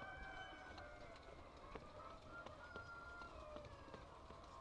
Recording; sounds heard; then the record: poultry house recording; healthy chickens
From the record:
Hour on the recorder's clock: 6